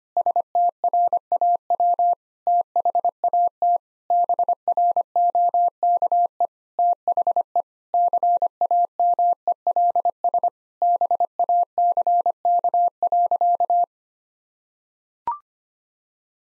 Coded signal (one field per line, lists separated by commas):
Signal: Morse code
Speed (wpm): 25 wpm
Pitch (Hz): 700 Hz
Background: none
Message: STRAW THAT BROKE THE CAMELS BACK.